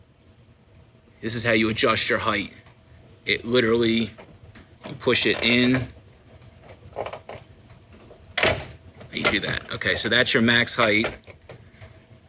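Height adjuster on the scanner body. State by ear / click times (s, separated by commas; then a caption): seated / 8.4 s. Someone talks while pushing in the height-adjustment mechanism on the body of an HP HD Pro2 42-in large-format scanner to set its maximum height. A sharp hit is heard at 8.4 s as it goes in. The adjuster seats at its max height position.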